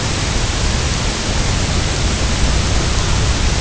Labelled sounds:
none
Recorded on Arctic tundra, site UTQI-0, on 23 June 2018
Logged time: 06:00

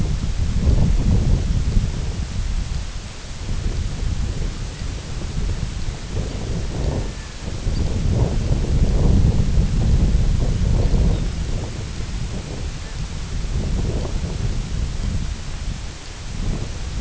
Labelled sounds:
unidentified sound
Red-throated Loon
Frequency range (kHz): Red-throated Loon 0.8-2.2 kHz
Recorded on Arctic tundra, site IGLO-F, on 19 June 2018
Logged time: 06:00

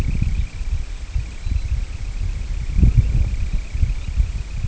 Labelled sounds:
Semipalmated Sandpiper
Red Phalarope
American Golden-plover
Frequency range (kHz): Red Phalarope 3.0-4.7 kHz; American Golden-plover 3.5-4.3 kHz
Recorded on Arctic tundra, site IGLO-D, on 25 June 2018
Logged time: 02:00

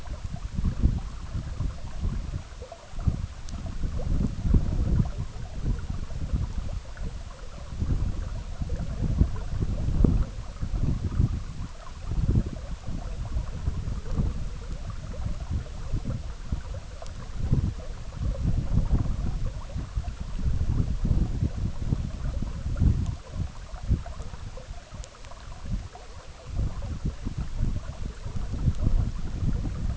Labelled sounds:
none
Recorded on Arctic tundra, site EABA-MC, on 17 June 2019
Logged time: 04:00

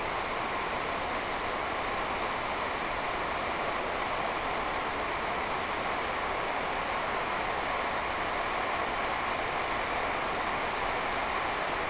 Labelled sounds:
none
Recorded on Arctic tundra, site NAIT-1, on 28 June 2018
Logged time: 11:00

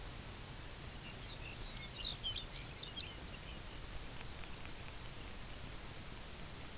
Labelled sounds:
Lapland Longspur
unidentified sound
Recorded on Arctic tundra, site UTQI-0, on 22 June 2018
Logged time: 12:00

